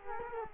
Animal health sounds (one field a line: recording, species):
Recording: mosquito wingbeat signal from an infrared sensor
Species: Culex quinquefasciatus